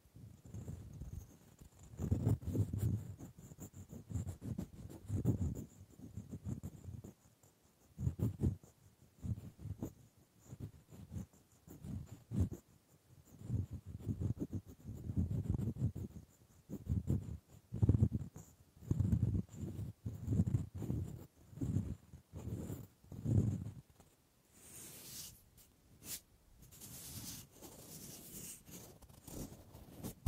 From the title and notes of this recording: ASMR Simply Relaxing Wood Triggers for Sleep New Mic Test Tascam Portacapture X8 (No Talking).